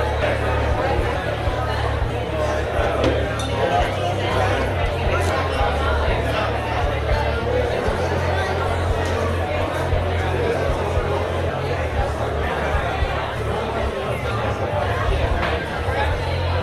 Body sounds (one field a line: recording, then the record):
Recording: background sound without coughing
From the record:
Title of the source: CITY SOUNDS Busy Bar in the Evening Night - 2 HOURS of Ambiance for Relaxation